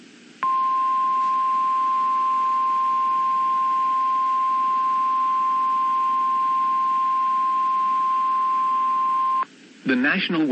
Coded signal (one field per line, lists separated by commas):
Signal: Emergency Alert System (SAME) tones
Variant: 1050 Hz attention tone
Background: speech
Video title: (EAS #12) Snow Squall Warning for NJ & PA